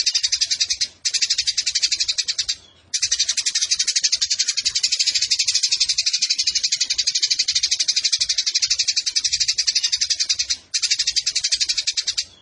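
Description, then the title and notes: Eurasian tree sparrow chattering song, a dense, harsh, rapid stream of high buzzy chirps running almost without pause, broken by three brief gaps. Sparrow in fighting mode ('tarung') with long continuous bursts ('nembak panjang') and a clear voice, used as masteran training for competition birds. "GEREJA TARUNG NEMBAK PANJANG SUARA JERNIH MASTERAN WAJIB BURUNG LOMBA. Burung Gereja"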